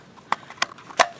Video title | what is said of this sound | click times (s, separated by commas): Servicing Stihl Weedeater Model # FS100RX & FS130R | and you just push it down on there until it snaps into place. | 0.3 s, 0.6 s, 1.0 s